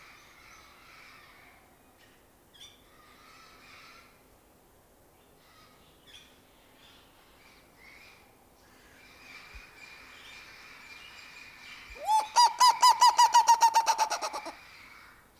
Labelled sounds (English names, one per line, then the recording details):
Black-legged Seriema call
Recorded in captivity
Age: adult
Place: Zoo Berlin, Berlin, DE
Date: 1997-12-23 10:08
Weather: overcast and hazy, ca. 1-2°C
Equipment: Nagra SN, Kopie Uher 4000 Report Monitor
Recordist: Tembrock, Günter